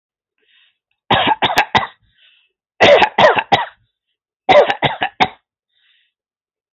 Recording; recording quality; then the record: shallow voluntary cough; excellent, no background noise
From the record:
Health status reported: healthy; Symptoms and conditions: diabetes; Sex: male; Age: 35 years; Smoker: not ticked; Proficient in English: yes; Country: India